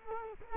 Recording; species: mosquito wingbeat signal from an infrared sensor; Culex quinquefasciatus